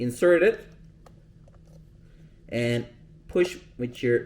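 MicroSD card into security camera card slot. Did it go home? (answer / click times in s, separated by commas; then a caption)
no / none. Someone talks while a plastic microSD card is lined up and inserted into the card slot of a TP-Link Tapo C200 smart Wi-Fi security camera. Only faint, small handling sounds are heard between about 1.0 and 1.7 seconds, with speech before and after. The card has not clicked or seated yet.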